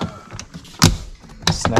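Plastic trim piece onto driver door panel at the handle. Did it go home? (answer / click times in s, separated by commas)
yes / 0.8 s, 1.5 s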